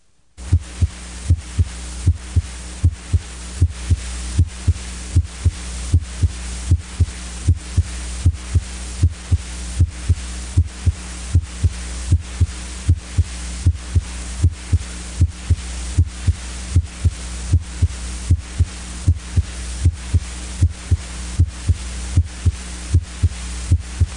S1 over mitral area. S1 is made up of two components, M1 and T1. S1 is heard best near the apex of the heart over the mitral area with the diaphragm of the stethoscope. It is usually perceived as a single sound.